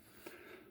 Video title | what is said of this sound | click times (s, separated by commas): New Eternia Fisto & Evil Lyn - Masterverse wave 15 duel review | believe it just snaps back in place like that yeah really cool I like that | 0.3 s